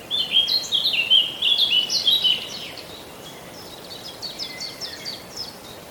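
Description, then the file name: Eurasian blackcap song: a loud, rich warble lasting about two and a half seconds, followed by faint, rapidly repeated high notes against a hiss. "Sylvia atricapilla"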